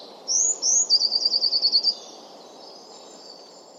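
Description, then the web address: Bird's thin, high upslurred notes lead into a fast trill of about ten even notes, then fade to a faint hiss. "cianscape birddata Deverinetal 2025 Bird Only"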